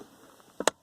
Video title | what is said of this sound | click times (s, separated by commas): How to fix broken center console armrest latch mechanism on Buick LeSabre and most GM vehicles | there you go. There's that click again. | 0.7 s